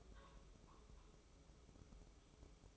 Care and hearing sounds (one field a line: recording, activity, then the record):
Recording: daily activity, microphone in the room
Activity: take from stove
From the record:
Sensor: 1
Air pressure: 995.4 hPa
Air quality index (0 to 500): 29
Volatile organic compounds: 1 ppm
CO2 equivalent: 547 ppm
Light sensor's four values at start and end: 29/102/39/40 and 29/102/39/40